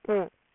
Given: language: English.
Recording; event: throat vibration sensor signal played as sound; speech